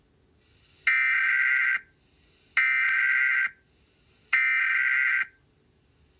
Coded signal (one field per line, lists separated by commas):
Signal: Emergency Alert System (SAME) tones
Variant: header bursts